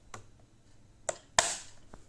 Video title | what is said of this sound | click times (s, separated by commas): Kingsong S18 Rear Light Clip | and it just snaps into place very secure | 1.1 s, 1.4 s